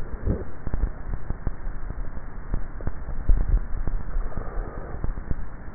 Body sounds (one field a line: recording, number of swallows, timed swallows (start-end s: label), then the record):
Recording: swallowing sounds by neck microphone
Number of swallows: 1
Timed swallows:
2.92-4.38 s: swallow
From the record:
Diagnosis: dysphagia